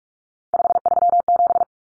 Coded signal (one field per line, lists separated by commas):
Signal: Morse code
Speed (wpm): 44 wpm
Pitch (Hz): 700 Hz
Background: none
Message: 537